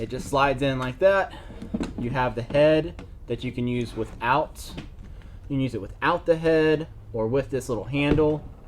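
Someone talks while the head and small handle of a DeWalt drill right-angle adapter are fitted by hand onto the adapter body. The voice runs throughout with only soft handling sounds underneath. Nothing has seated or clicked yet.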